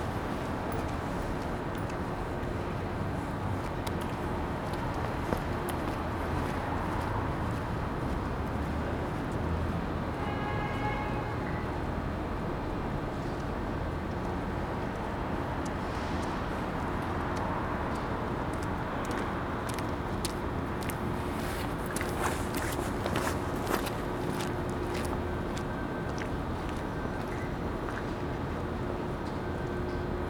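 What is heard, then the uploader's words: A cold station platform early in the morning, filled with a steady, dense low rumble of engines and traffic that barely changes. Around ten seconds a brief tone sounds, and from the middle onward scattered clicks and clatter come and go over the hum. Captured early in the morning on a cold station platform. The temperature is -3c and the people waiting for the train are wearing winter clothing.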